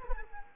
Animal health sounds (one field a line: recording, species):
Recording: mosquito wingbeat signal from an infrared sensor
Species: Culex quinquefasciatus